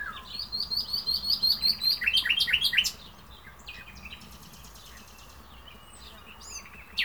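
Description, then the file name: Common nightingale song with rapid repeated notes that swell in loudness, mixed with whistled slurs, then a quieter stretch with softer phrases and a final sharp note. "Luscinia megarhynchos"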